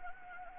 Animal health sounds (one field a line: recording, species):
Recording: mosquito wingbeat signal from an infrared sensor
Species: Anopheles gambiae